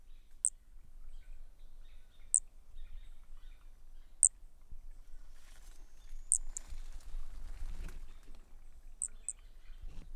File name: MHNCI Brachy sp ind 3 perdeu notas 20 cm Corcovado 18 dez 2017 MRB